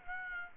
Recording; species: mosquito wingbeat signal from an infrared sensor; Aedes aegypti